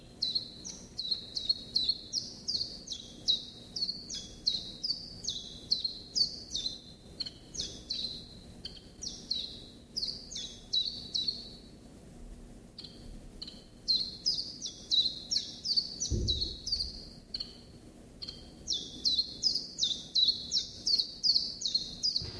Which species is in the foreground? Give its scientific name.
Phylloscopus collybita